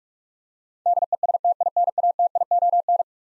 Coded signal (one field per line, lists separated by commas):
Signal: Morse code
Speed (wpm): 42 wpm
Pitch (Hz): 700 Hz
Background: none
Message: DESTINATION